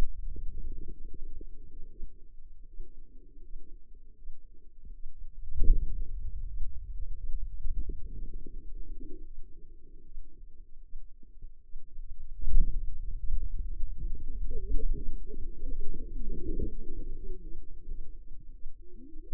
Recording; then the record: forearm muscle sounds (acoustic myography)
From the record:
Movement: hand closing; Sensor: system 2, bracelet of six BSWA MPA416 microphones around the upper forearm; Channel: 1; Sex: female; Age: 25 years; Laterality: right